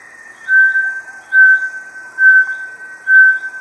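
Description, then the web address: Bartlett's tinamou calling in four pure whistled notes, one about every second, each swelling and fading over a soft steady tone. "Bartlett's tinamou. دانلود-صدای-پرنده-وشم-بارتلت"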